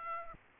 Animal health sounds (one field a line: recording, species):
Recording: mosquito wingbeat signal from an infrared sensor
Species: Aedes aegypti